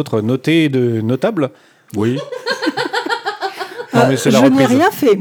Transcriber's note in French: Rires